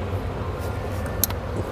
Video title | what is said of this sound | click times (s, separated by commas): etrailer - Trailer Wiring Harness Installation - 2016 Acura MDX | plugged in you'll hear a little audible click indicating that you got a good connection made there | 1.2 s